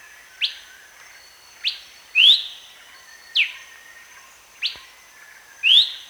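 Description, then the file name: Horsfield's babbler giving clear whistled notes, mostly sharp falling ones with a few rising ones, spaced about a second apart. Recorded at Danum on 1 January 2008. "DANUM 20080101"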